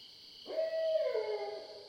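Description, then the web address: Barred owl hoot: a level hooting note that drops lower partway through and trails off, against a noisy background with a continuous high hiss. Recorded on 20 July 2012. "Barred Owl 2012 07 20"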